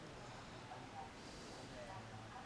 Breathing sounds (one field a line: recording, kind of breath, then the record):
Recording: one breath in and out by a microphone near the nose and mouth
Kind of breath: normal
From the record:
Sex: male